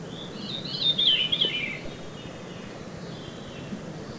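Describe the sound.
Veery song: one rolling, breathy phrase that spirals downward in pitch, followed by a faint second phrase, over a soft low background hiss.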